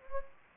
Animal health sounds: mosquito wingbeat signal from an infrared sensor; Anopheles gambiae

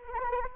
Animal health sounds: mosquito wingbeat signal from an infrared sensor; Anopheles arabiensis

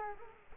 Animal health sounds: mosquito wingbeat signal from an infrared sensor; Culex quinquefasciatus

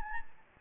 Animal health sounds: mosquito wingbeat signal from an infrared sensor; Anopheles gambiae

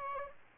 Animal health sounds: mosquito wingbeat signal from an infrared sensor; Aedes albopictus

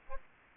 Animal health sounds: mosquito wingbeat signal from an infrared sensor; Aedes aegypti

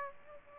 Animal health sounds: mosquito wingbeat signal from an infrared sensor; Aedes aegypti

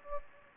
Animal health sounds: mosquito wingbeat signal from an infrared sensor; Anopheles gambiae

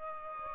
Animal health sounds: mosquito wingbeat signal from an infrared sensor; Aedes albopictus

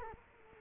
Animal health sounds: mosquito wingbeat signal from an infrared sensor; Culex quinquefasciatus

